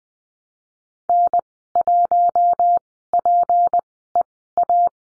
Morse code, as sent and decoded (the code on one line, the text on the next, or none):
-. .---- .--. . .-
N1PEA